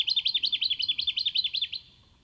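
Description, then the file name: Jacky winter calling, a rapid run of many sharp, rising-then-falling chirps at an even pace, stopping after nearly two seconds. "Microeca Fascinans"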